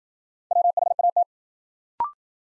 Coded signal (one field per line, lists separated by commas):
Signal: Morse code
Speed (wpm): 53 wpm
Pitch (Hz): 700 Hz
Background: none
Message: WHAT